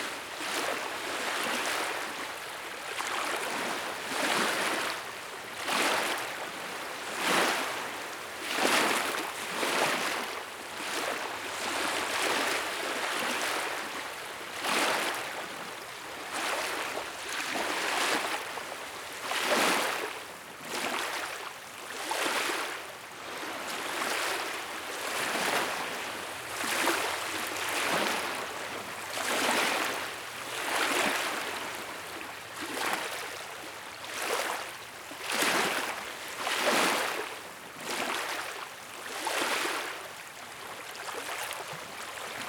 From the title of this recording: Mountain Lake Waves